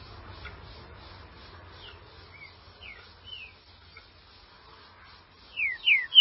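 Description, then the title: Green-winged saltator: faint scattered whistles, then a loud closing run of three sharp downslurred whistled notes. "Trinca Ferro"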